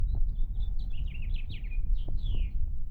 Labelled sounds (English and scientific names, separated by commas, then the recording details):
House Finch (Haemorhous mexicanus) song
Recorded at Point Lookout on Long Island, New York, on 2 June 1975
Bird D